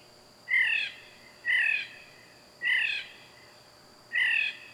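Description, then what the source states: Bird giving four harsh, squawky calls with a buzzy, layered tone, spaced a second or more apart, against a quiet background with a faint steady high hum. Loud bird calling at night.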